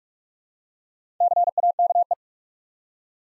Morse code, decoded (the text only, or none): CAKE